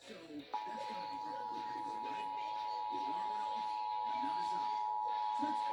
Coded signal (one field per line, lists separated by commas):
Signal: Emergency Alert System (SAME) tones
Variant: 853 and 960 Hz attention tone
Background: speech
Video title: 2023 National EAS Test - 10/4/23 (EAS #5)